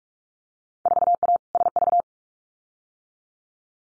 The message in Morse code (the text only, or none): 4A SV